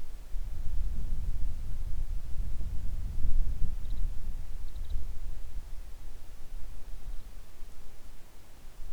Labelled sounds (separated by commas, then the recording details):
songbird, wind
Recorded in the Arctic National Wildlife Refuge, Alaska, on 3 August 2019 at 10:44
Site 41